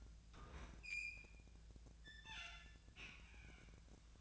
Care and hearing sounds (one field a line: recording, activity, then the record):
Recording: daily activity, microphone in the room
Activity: open fridge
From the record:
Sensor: 2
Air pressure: 1009.5 hPa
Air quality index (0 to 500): 184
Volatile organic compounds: 11 ppm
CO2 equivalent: 2289 ppm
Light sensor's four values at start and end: 26/63/27/30 and 26/63/27/30